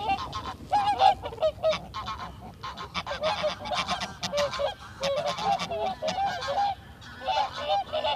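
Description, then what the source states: Greylag Goose: a flock chattering, many overlapping honks, continuous and uneven in rhythm. Greylags return noisily in April around ice break-up to inspect nest sites, honking hollowly as if announcing arrival; best seen flying in the archipelago, also wandering inland fields seeking new territory.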